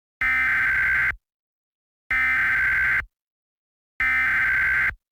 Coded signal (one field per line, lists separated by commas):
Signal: Emergency Alert System (SAME) tones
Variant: header bursts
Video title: EAS - Law Enforcement Warning (Real Threat) (2/2) #ponytown #predator